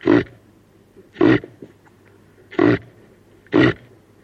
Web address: el sonido del grunido de un reno hembra